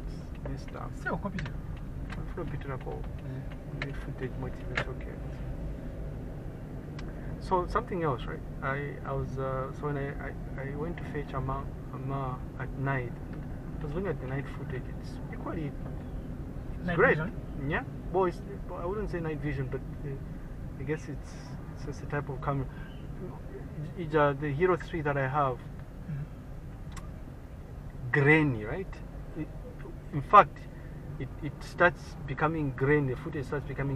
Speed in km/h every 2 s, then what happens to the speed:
16, 15, 18, 20, 20, 22, 22, 22, 22, 19, 16, 15, 13, 12, 13, 15, 16.
0-10 speeds up to 22. 10-16 steady at about 22. 16-26 slows to 12. 26-34 steady at about 13.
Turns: none.